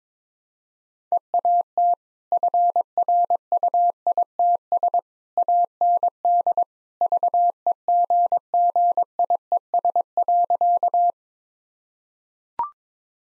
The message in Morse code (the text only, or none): EAT FRUITS AND VEGGIES.